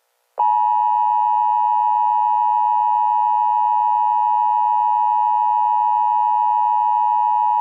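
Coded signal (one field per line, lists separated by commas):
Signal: Emergency Alert System (SAME) tones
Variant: 853 and 960 Hz attention tone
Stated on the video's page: Simulated EAS scenario.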